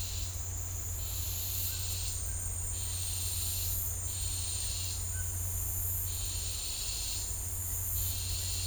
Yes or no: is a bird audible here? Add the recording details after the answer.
no. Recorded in dense forest near Puerto Asís, Putumayo, Colombia, on 15 December 2024 at 14:30. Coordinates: 0.503, -76.323. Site G043